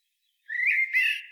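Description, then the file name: Eurasian blackbird song: one short mellow whistled phrase, rising then wavering. "Turdus merula"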